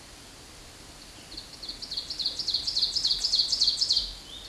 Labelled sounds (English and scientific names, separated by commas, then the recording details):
Ovenbird (Seiurus aurocapilla) song
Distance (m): 10 m
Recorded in a Pennsylvania forest on 17 May 2023 at 13:13
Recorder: AudioMoth, point grid1_7_low
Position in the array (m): 157 m, 77 m